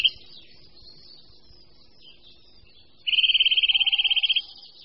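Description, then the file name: Eurasian nuthatch delivering a rapid, steady, high-pitched trill lasting just over a second, with soft background chirping and a faint lower whistle. "Brhlík-lesní"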